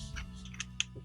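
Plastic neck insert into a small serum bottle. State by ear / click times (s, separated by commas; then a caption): seated / 0.8 s. A small plastic insert, a roller or dropper fitment, is pushed into the neck of a small serum bottle before the lid goes on, with music in the background. A few faint ticks come around 0.5–0.6 s, then a sharp, strong click at 0.8 s as the insert seats fully in the neck.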